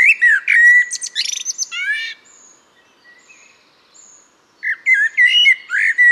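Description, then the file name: Common blackbird song: a low, mellow warbled phrase that breaks into high squeaky twittering, a pause with faint thin whistles, then another warbled phrase. "Turdus merula"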